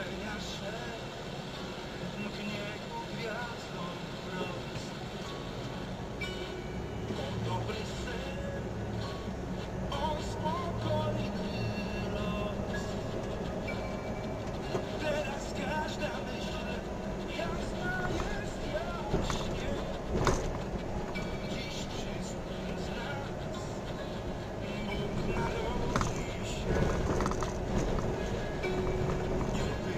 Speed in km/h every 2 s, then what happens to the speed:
0, 0, 7, 17, 26, 35, 39, 37, 35, 32, 27, 29, 31, 31, 33.
0-3 standing. 3-11 pulls away to 39. 11-19 slows to 27. 19-30 steady at about 31.